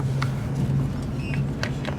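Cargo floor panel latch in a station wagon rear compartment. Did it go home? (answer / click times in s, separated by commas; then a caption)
yes / 1.6 s. A panel or seat section over a hidden storage space in the rear cargo area of a 1956 Cadillac Custom View Master station wagon is closed, and its metal latch catches. Over a steady low hum, a sharp click sounds at 0.2 s and another at 1.6 s, the latch clicking shut and seating at 1.6 s.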